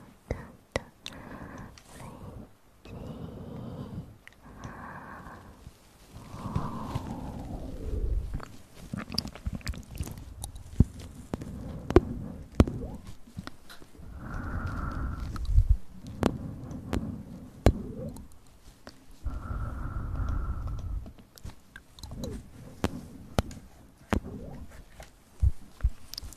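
Up-close mouth sounds with inaudible whispering: soft breathy murmurs come in bursts every few seconds, broken by sharp wet clicks and smacks scattered throughout. A few longer hushed phrases stand out around 6, 15 and 20 seconds, with quiet pauses between.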